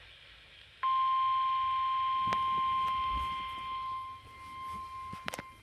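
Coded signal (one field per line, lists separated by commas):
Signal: Emergency Alert System (SAME) tones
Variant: 1050 Hz attention tone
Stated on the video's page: Severe thunderstorm warning alert from NOAA Weather Radio station in Covington, KY.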